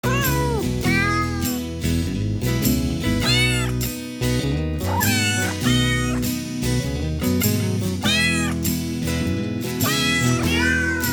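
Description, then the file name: Cat meowing repeatedly, wavering upslurred and downslurred cries every second or two, set against a continuous musical backing. "Myaukane"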